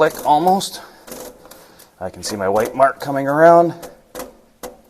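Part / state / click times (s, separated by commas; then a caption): fuel filter bowl into filter housing / seated / 4.6 s. A plastic fuel filter bowl on a Mitsubishi Fuso 4P10 is threaded back into its plastic housing with a filter wrench while someone talks, watching for the white alignment mark to come around. A sharp hit lands at 4.6 s as the bowl seats flush against the housing, with the O-ring up inside.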